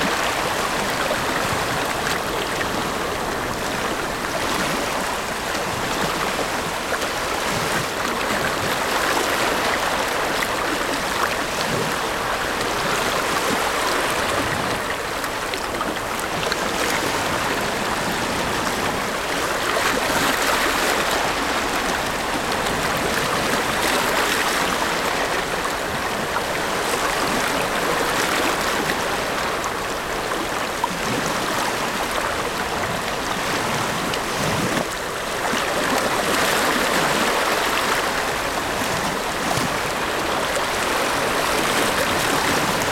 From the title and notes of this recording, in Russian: Нежные океанские волны на песке | Тихоокеанский океан ASMR. Добро пожаловать на уединенный пляж, где солнце медленно уступает место вечерним сумеркам. Запись сделана на спокойном пляже Мьюр в округе Марин, с видом на обширные просторы востока.